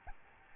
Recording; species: mosquito wingbeat signal from an infrared sensor; Aedes albopictus